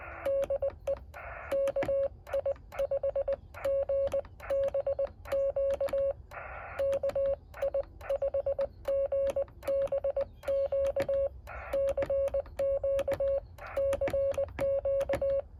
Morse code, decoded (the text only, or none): DE KI5GBQ KI5GBQ CQ CQ